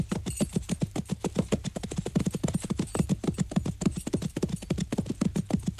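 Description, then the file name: Horses' hooves pounding fast and steadily, many overlapping thuds in a continuous galloping rhythm. "muchos caballos"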